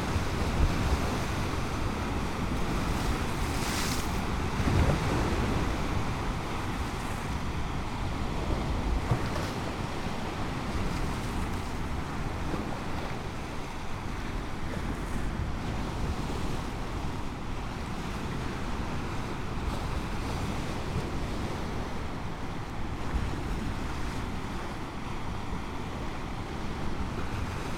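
Waves wash against the shore of Lake Michigan in a steady, dense roar, with the low rumble dominating and softer hiss above. Brief brighter splashes stand out around five seconds and again near ten and fifteen, while wind buffets the microphone throughout.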